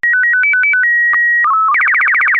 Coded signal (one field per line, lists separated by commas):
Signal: SSTV (slow-scan television)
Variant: Robot BW 8